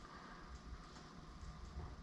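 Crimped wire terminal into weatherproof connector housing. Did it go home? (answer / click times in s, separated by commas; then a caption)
no / none. A crimped metal terminal on a wire is handled as it is pushed toward a weatherproof plastic connector housing while wiring Eaton E Lockers to TJ factory wiring. Only a steady, low broadband rumble is heard, with no distinct clicks. Nothing has seated or clicked yet.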